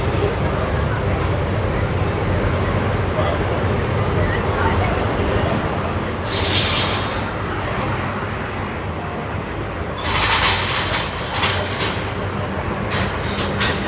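Evening street sound on Via Moscova in Milan: a steady, dense rumble of traffic fills the whole recording. Bright hissing bursts rise over it around six seconds and again from ten to twelve seconds, with faint voices mixed into the background.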